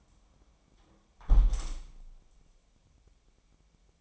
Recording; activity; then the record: daily activity, microphone in the room; close window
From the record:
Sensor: 1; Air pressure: 1000.5 hPa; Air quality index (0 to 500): 159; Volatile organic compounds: 3 ppm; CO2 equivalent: 1467 ppm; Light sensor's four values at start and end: 11/26/11/12 and 10/26/10/12